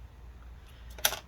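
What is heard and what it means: An iPhone 8 Plus screen flex cable connector is lined up and pressed onto the logic board socket. After a faint tick at 1.0 s, a sharp click at 1.1 s marks the connector seating, confirmed afterward by running a fingernail over it and feeling it click into place.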